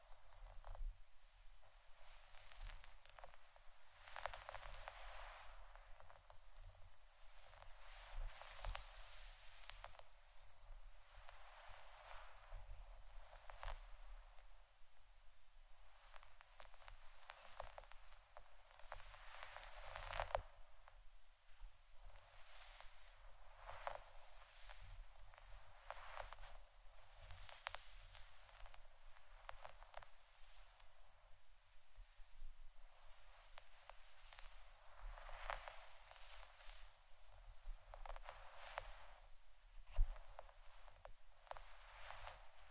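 Scratching and brushing strokes repeat steadily for the whole stretch, bright and rasping, with a hollow gap below and a low rumble underneath.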